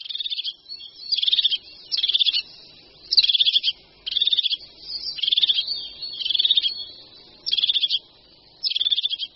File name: Sýkora-parukářka